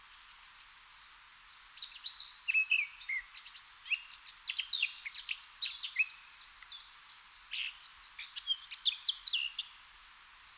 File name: Sylvia atricapilla